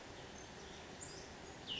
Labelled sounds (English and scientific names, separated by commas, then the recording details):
Cassin's Vireo (Vireo cassinii)
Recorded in Sonoma County, California